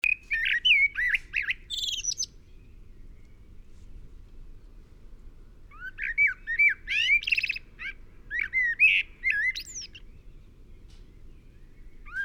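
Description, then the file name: Common blackbird song in two phrases separated by a few seconds of quiet, each with rich, fluty warbled notes and a high, scratchy twitter. "Turdus merula"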